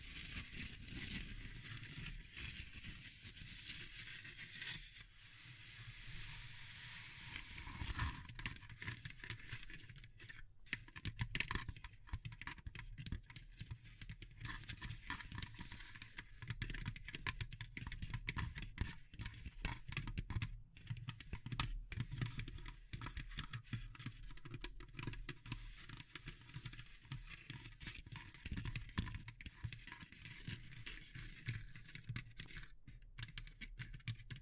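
Wood, bamboo and straw being handled, a dense run of dry crackles, taps and rustles with a hissy wash early on, then busier clicking throughout.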